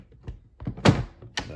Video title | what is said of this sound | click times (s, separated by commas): ILIFE Shinebot W400s Mop Mopping Robot Scrubbing UNBOXING & INFO - REVIEW SOON | then it clicks back in | 0.9 s, 1.4 s